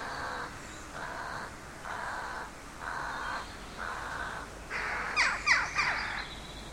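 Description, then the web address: Bird cawing: harsh, even calls repeated about every second, ending in a louder, ragged burst of overlapping caws. Birds singing in an empty street of a big city. "canto de pajaros en una calle vacia de una gran ciudad"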